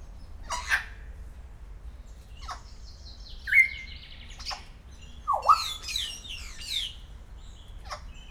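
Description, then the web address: Grey parrot giving scattered calls: a short whistle, a sliding upswept whistle, harsh broad squawks and clicks, spaced irregularly. Szeged Zoo, Hungary, 2011. "allathangok szegedizoo 2011 standardt jakopapagaj folyamatosanaprankent"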